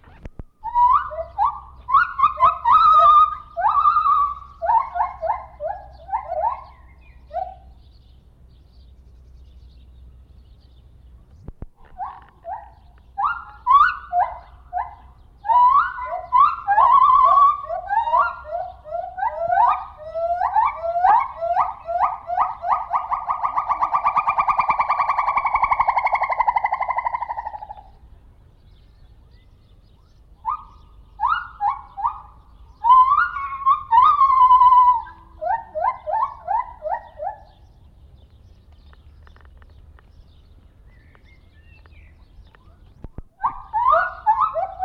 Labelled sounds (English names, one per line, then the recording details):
Lar Gibbon
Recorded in captivity
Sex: diverse
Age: adult
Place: Zoo Rostock, Mecklenburg-Vorpommern, DE
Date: 1970-06-03 11:50
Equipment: Uher 4200 Report Stereo, Sennheiser MD 421
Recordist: Tembrock, Günter
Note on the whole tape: Männchen: zusammen mit Weibchen des Silbergibbons auf der Freianlage. Rufe und Rufreihen des H. lar sind die höheren